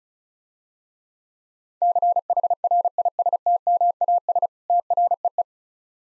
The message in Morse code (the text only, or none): CHRISTMAS TREE